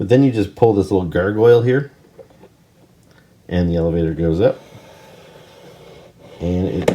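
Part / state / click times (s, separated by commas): plastic elevator platform into the second-floor stop of a toy castle playset / seated / 6.9 s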